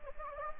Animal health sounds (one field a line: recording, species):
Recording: mosquito wingbeat signal from an infrared sensor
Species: Anopheles gambiae